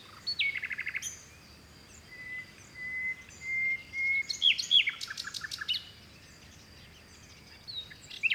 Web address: 2019-Game Audio Bundle West Wolf - Seaside Nature And Waves - Nature Forest Birds Wind Early Morning Spring Distant Sea Mediterranean Grece